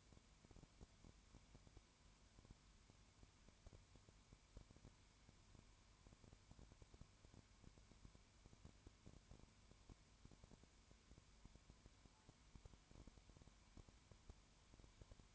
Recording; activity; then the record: daily activity, microphone in the room; no activity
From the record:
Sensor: 2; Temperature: 20.0 degrees Celsius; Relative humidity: 32.1%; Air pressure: 1001.1 hPa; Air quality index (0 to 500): 55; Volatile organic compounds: 1 ppm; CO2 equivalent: 605 ppm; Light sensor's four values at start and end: 2/3/2/2 and 2/3/2/2